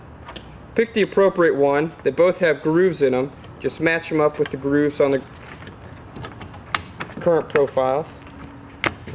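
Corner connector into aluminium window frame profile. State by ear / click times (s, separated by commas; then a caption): seated / 6.8 s. A plastic corner connector is lined up by its grooves with aluminium greenhouse window frame profiles and pushed in. Someone talks, then a sharp snap is heard at 6.8 s as the connector seats in the profile, followed by a few lighter taps and more talk.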